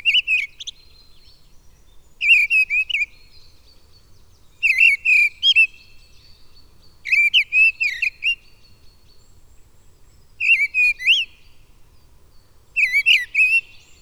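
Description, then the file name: Mistle thrush delivering clear fluty phrases, each about a second long, repeated roughly every two and a half seconds, six phrases in all against a quiet background. "Mistle Thrush (Turdus viscivorus)"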